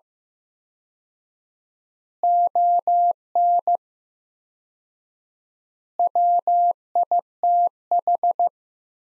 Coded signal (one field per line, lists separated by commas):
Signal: Morse code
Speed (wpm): 16 wpm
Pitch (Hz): 700 Hz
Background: none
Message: ON WITH